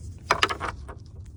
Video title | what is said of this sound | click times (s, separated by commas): F-150 Cold Air Intake Install | Got that snapped into place, | 0.3 s